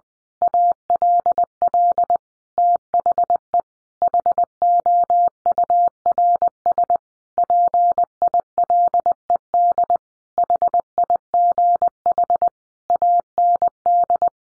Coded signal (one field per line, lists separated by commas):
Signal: Morse code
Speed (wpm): 20 wpm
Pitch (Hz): 700 Hz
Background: none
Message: ALL THE HOURS PILED HIGH AND